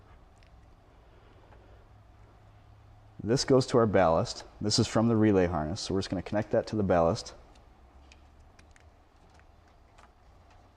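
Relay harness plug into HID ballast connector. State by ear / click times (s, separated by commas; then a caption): not seated / none. Someone talks while a relay harness plug is handled and brought to the HID ballast connector during a dual-beam HID headlight install on a 2004 Dodge RAM, followed by a few faint, short ticks near 8.1, 8.6, 8.8 and 10.8 seconds. The plug's plastic locking tab has not clicked home and nothing has seated yet.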